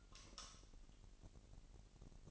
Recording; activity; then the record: daily activity, microphone in the room; light off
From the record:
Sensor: 4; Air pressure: 1002.7 hPa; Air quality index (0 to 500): 250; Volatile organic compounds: 16 ppm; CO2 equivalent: 2551 ppm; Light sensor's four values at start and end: 7/16/6/7 and 6/14/5/6